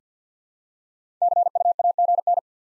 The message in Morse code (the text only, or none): CUAGN